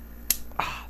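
With the flex shaft motor running on the foot pedal, a metal handpiece is pushed onto the flex shaft tip on a second try. A sharp snap-like click at 0.3 s is followed by another click at 0.6 s with a brief ringing tail, and the handpiece engages and seats on the shaft.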